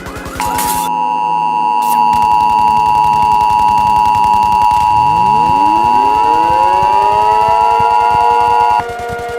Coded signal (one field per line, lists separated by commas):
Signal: Emergency Alert System (SAME) tones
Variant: 853 and 960 Hz attention tone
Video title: EAS Mini 13: Murder Drones Attack